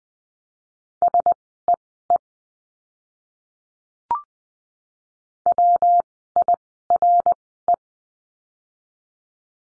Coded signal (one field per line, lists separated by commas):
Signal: Morse code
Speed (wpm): 20 wpm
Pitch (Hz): 700 Hz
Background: none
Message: SEE WIRE